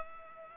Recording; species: mosquito wingbeat signal from an infrared sensor; Culex pipiens